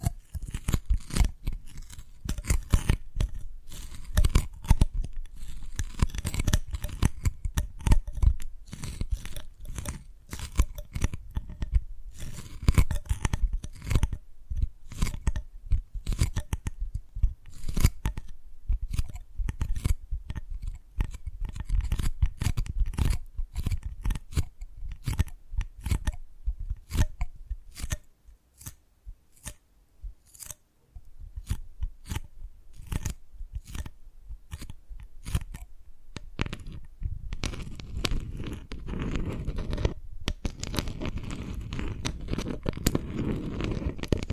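Dalgona candy being tapped and cracked, a dense run of sharp clicks and crisp snaps packed closely through most of the clip. The taps thin out briefly near 28–31 seconds, then return, with a rougher scraping, crunchy texture over the last eight seconds.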